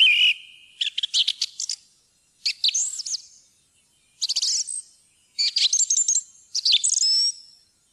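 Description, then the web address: Song thrush song, a whistled note followed by bursts of rapid, repeated chirping notes and bright twittering phrases, with short silent gaps between. "fuglelyder maaltrost"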